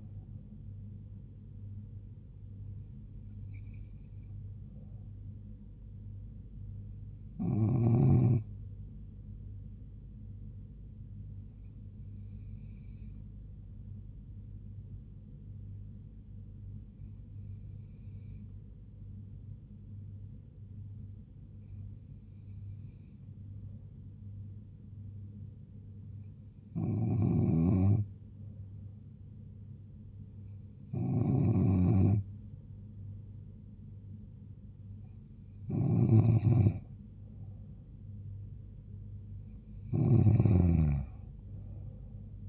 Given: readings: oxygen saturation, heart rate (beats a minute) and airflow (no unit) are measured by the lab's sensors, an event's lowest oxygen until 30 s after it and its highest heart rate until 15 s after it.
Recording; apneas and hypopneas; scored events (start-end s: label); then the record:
breathing in sleep by a smartphone at the bedside; none
none scored
From the record:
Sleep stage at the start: N2 (light sleep); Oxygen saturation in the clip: 93 to 95%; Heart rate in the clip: 65 to 76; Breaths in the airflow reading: 9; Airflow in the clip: -3.9 to 3.1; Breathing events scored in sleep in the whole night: 158 in 7.3 hours asleep